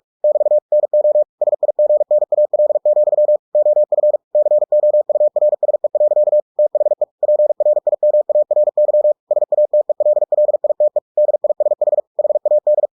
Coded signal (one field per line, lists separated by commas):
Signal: Morse code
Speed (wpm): 46 wpm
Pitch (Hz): 600 Hz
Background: none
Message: <BT> NO SIGNAL, OF COURSE. THE PRIMARY SATELLITE DISH HAD